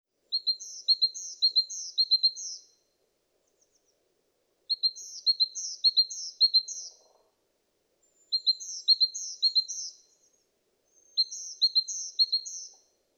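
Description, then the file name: Great tit singing clear, high two-note phrases repeated three or four times per burst, four bursts separated by short pauses. "Parus major"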